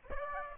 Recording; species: mosquito wingbeat signal from an infrared sensor; Aedes aegypti